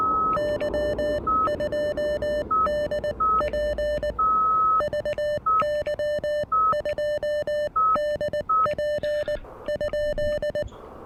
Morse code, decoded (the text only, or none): Y 2DP VY 2DP ?